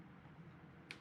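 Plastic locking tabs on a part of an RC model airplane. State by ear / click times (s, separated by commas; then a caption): seated / 0.9 s. A plastic part of an E-flite A-10 RC foam jet is pressed down until its small plastic locking tabs engage. Against a low, steady background, a single short, sharp tick sounds at 0.9 s. The tabs have snapped into place and the part is seated.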